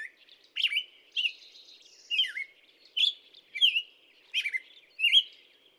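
Black-headed Grosbeak giving a flowing series of mellow, slurred whistled phrases, spaced roughly every half second to a second.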